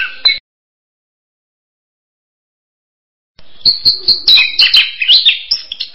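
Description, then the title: Bird song: a brief chirp, three seconds of silence, then a quick burst of high twittering and whistled notes. "kikicau"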